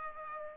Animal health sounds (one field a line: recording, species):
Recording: mosquito wingbeat signal from an infrared sensor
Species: Aedes aegypti